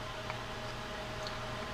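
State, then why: Seated. A side plate is rotated into place on the frame of an Abu Revo 3 Premier low-profile baitcasting reel, refitted label side up over a bearing that was oiled earlier. Against a steady low hum, a single sharp click at 0.3 s marks the plate snapping in and seating.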